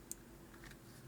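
The plastic back shell of a PS4 game controller is clipped onto the front half between the left and right triggers. A sharp, bright click sounds at 0.1 s, followed by a softer click at 0.6 s over a low background hum. The little latches click shut and the back shell is seated on the controller.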